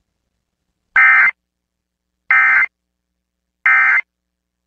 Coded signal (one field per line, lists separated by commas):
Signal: Emergency Alert System (SAME) tones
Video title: Tsunami Warnings - Sand Point, Alaska 7.5 Earthquake - 10/19/2020